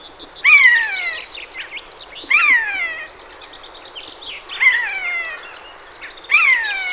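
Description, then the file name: Eurasian jay uttering four loud, falling, mewing calls about every two seconds, with softer notes in the gaps. "Garrulus glandarius"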